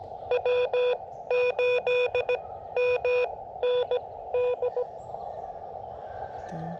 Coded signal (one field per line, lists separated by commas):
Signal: Morse code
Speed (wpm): 17 wpm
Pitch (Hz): 500 Hz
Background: none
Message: W8MND